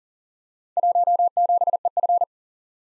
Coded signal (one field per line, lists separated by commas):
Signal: Morse code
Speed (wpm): 40 wpm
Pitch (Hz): 700 Hz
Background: none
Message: 17EF